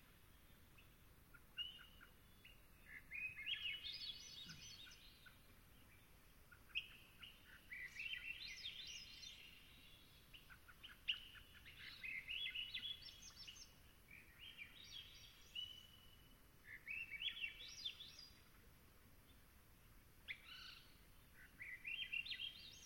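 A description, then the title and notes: A swamp at dusk, where a bird sings short, bright phrases that rise and flutter, repeating every few seconds across the recording. A fainter call drifts in now and then, over a quiet, steady outdoor hush with a low murmur underneath. Long Swamp, Dusk. Song Sparrows, Lincoln’s Sparrows, Swainson’s Thrushes, American Robins, Mallard Ducks and more make their homes here. The air was still as I sat down to record; the temperature a chill 60ºF/ 15.5ºC, and the moon was expected to be full. I could hear distinct non-song vocalization from Swainson’s Thrushes.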